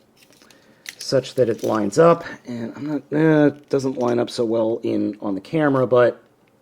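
Someone talks while lining up a plastic part of a transforming toy figure with its connector port to put it into jet mode, with faint plastic handling sounds near the start. The part has not snapped into place yet; nothing has seated or clicked.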